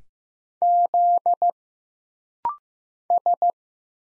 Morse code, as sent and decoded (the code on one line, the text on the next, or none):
--.. / ...
Z S